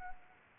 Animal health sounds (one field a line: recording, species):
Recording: mosquito wingbeat signal from an infrared sensor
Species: Anopheles arabiensis